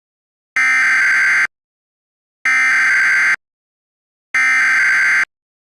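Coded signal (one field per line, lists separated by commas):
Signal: Emergency Alert System (SAME) tones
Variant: header bursts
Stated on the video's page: Fictional EAS scenario.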